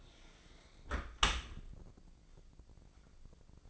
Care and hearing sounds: daily activity, microphone in the room; close dishwasher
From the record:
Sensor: 5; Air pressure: 1012.4 hPa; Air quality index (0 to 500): 163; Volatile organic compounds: 2 ppm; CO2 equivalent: 1104 ppm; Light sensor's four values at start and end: 134/320/136/152 and 132/316/135/150

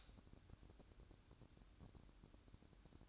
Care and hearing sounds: daily activity, microphone in the room; light on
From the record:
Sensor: 2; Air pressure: 1007.7 hPa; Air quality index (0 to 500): 86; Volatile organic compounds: 1 ppm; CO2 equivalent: 665 ppm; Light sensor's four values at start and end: 7/16/6/6 and 11/30/12/12

